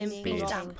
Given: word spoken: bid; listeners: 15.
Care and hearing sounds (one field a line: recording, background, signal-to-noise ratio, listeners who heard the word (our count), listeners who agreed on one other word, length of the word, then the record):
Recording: one English word in noise, from a listening test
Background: four-talker babble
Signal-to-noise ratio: -2.5 dB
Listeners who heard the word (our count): 0 of 15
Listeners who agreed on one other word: 6 of 15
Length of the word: 0.40 s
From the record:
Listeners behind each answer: 6, 3, 2, 1, 1, 1, 1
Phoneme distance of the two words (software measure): 10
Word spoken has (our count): 1 syllable, 3 phonemes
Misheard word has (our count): 1 syllable, 3 phonemes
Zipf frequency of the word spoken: 5.14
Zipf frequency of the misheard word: 5.94